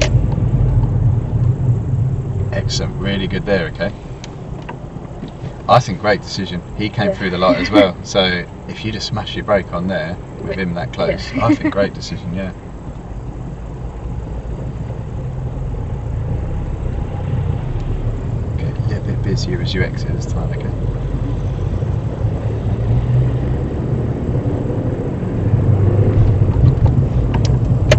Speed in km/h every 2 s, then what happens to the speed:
6, 0, 0, 0, 0, 0, 0, 5, 10, 10, 13, 19, 24, 27.
1-13 standing. 13-28 pulls away to 27.